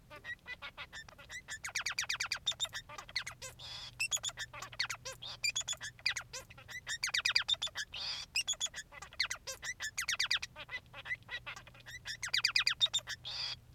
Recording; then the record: song of a male Bengalese finch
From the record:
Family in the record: son of father 3